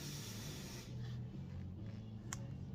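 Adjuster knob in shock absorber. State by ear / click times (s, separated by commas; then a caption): seated / 2.3 s. With a Summit Racing 3-way adjustable drag shock collapsed fully, the adjuster knob is rotated until it clicks into position, per the instructions. A broadband hiss fades out around 0.9 s, leaving a low steady hum. A single sharp click at 2.3 s shows the adjuster is seated.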